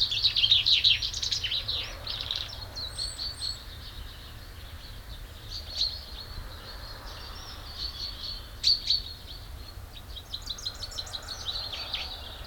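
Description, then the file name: Common chaffinch song: a loud, rapid rattling phrase at the start, followed by quieter thin notes and later another short trilled burst, with steady background hiss. "Fringilla coelebs"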